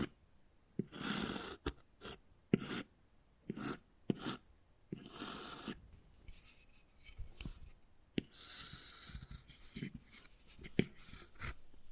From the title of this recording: Wood Carving, Tapping and Scratching Sounds